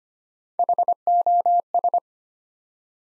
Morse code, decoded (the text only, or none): HOS